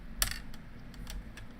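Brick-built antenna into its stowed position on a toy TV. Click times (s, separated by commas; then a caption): 0.2 s. A brick-built antenna on the toy TV from the LEGO Nintendo Entertainment System (71374) is folded down into its stowed position, since it isn't needed when playing the Nintendo. A sharp plastic snap at 0.2 s marks it locking into place, followed by a few fainter, lighter clicks through the rest of the clip. The antenna ends collapsed and locked.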